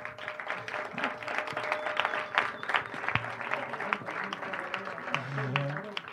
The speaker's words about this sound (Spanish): Y bueno, también han venido compañeras de Carratraca, de Puente Genís, de Peñarroya también, para apoyar este homenaje, ¿vale? Un aplauso también a los visitantes.